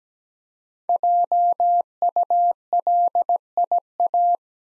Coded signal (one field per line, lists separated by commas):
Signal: Morse code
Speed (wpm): 17 wpm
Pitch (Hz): 700 Hz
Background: none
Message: JULIA